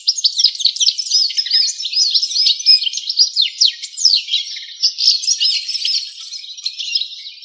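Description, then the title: Bird song, a fast unbroken stream of varied high twittering notes and chirps, lasting the whole stretch with no pauses. "LuckyPassaros CompletosSama"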